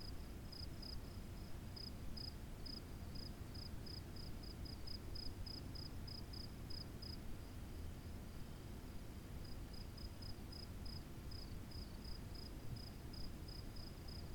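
Cricket chirping, high thin pulses repeated steadily, pausing briefly midway before resuming, over a constant low rumbling background noise.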